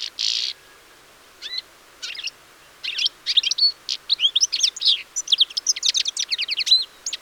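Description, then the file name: European Goldfinch calls opening with a harsh buzzy note, then sparse chirps building into a dense, fast tinkling twitter of high liquid notes. "Carduelis carduelis"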